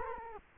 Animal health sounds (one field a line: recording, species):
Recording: mosquito wingbeat signal from an infrared sensor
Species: Culex quinquefasciatus